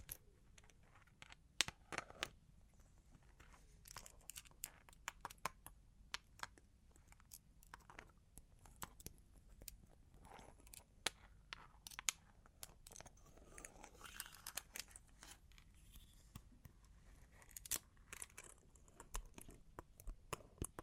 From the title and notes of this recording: Long Claws Tapping and Scratching (No Talking).